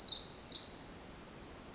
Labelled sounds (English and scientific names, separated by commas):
Pacific Wren (Troglodytes pacificus)